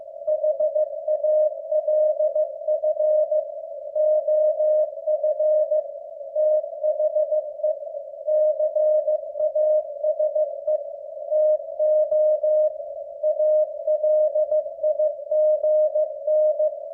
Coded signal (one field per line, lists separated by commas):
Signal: Morse code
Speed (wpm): 15 wpm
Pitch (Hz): 610 Hz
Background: none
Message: HALF OF THE CASE TO ALIGN